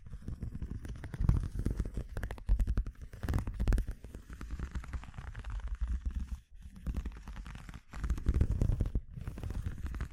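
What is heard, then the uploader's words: ASMR texture sounds: dense, crackly scratching and rustling that runs almost continuously, strongest in the low end, with rapid ticking detail throughout. Brief pauses fall near six and a half and nine seconds, and louder bursts of handling swell around one, three and eight seconds. ASMR Exploring Textures (No Talking).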